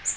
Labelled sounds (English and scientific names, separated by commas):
Magnolia Warbler (Setophaga magnolia) flight call